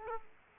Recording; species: mosquito wingbeat signal from an infrared sensor; Aedes aegypti